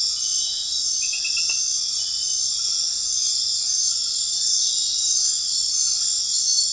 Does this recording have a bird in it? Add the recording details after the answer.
no. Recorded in dense forest near Puerto Asís, Putumayo, Colombia, on 18 February 2024 at 19:30. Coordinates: 0.500, -76.322. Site G6465